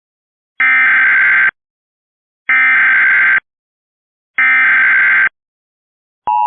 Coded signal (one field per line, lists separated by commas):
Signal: Emergency Alert System (SAME) tones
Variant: header bursts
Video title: EAS 163-165 - More EAS Alerts from the Repository